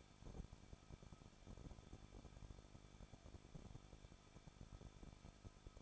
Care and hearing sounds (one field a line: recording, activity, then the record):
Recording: daily activity, microphone in the room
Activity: no activity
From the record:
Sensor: 5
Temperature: 20.9 degrees Celsius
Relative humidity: 38.3%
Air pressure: 1006.4 hPa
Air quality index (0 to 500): 189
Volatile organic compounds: 19 ppm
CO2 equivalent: 2660 ppm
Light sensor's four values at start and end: 2/3/1/1 and 2/3/1/1